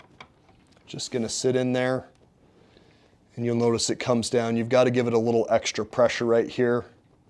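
A filled humidifier water chamber is lowered into the base of a DreamStation CPAP machine and needs a little extra pressure to go down, with faint small ticks of handling under someone talking. Nothing has seated or clicked yet; the clip ends just before the chamber snaps into place.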